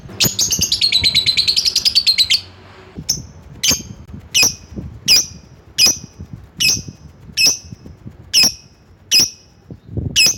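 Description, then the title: Lovebird calls: a two-second rapid buzzy chattering burst, then sharp high chirps repeated roughly every three-quarters of a second. Lovebird calling a rival. "Lovebird Memanggil Lawan"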